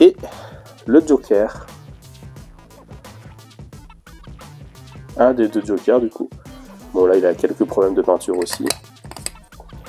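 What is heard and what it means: Someone talks over background music while two small plastic collectible mini figures are pressed together, one into the other, so they interlock. A sharp, short click at 9.3 s marks the figures snapping together, and they fit easily.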